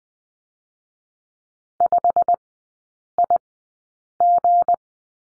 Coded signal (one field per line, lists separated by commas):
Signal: Morse code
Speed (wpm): 20 wpm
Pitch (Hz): 700 Hz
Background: none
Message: 5IG